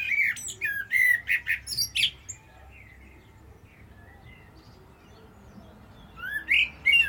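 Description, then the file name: Common blackbird: a quick series of notes and high squeaks, then a pause and another short phrase near the end. "Turdus merula"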